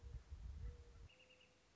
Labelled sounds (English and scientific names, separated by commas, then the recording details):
Mourning Dove (Zenaida macroura)
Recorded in Sonoma County, California